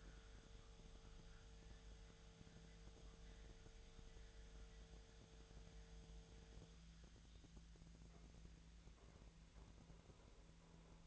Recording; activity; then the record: daily activity, microphone in the room; make coffee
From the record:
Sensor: 3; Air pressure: 1009.4 hPa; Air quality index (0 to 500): 197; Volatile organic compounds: 16 ppm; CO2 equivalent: 2561 ppm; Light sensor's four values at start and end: 34/84/36/38 and 32/81/34/37